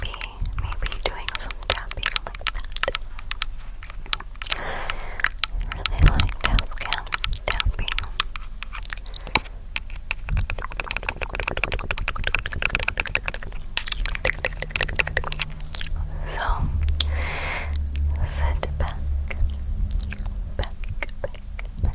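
Mouth sounds fill the clip with dense, rapid clicks and tapping, like tongue ticks and fingers moving, crowded together with no steady rhythm. Breathy puffs rise and fade around 5, 12 and 17 seconds, over a constant low hum underneath.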